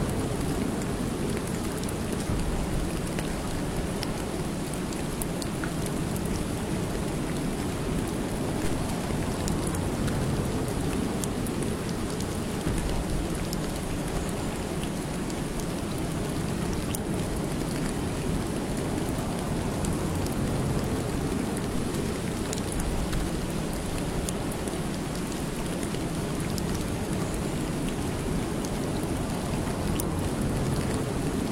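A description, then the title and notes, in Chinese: Steady summer rain falls without pause, a dense, even hiss with a heavy low rumble underneath. The level barely changes across the whole stretch, and faint brighter taps of drops flicker through now and then against the constant wash. 炎热的夏天 就连雨水都是热的 白噪音。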